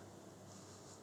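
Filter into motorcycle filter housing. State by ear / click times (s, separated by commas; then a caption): not seated / none. A new filter is handled at its housing on a Ducati Panigale V2 motorcycle, before being pushed in far enough to pop into its seat. Only a steady broadband hiss and low hum are heard, with no sharp hits. Nothing has seated or clicked yet.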